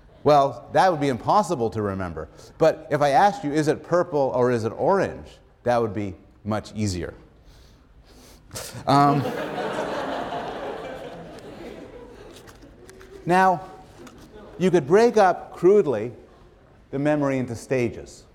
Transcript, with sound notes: Well, that would be impossible to remember but if I asked you, "Is it purple or is it orange?" that would be much easier. [laughter] Now, you could break up, crudely, the memory into stages.